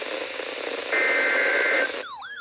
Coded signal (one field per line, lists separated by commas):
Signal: Emergency Alert System (SAME) tones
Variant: header bursts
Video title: EAS Alerts From 5/8/25: A Compilation (EAS 613-641)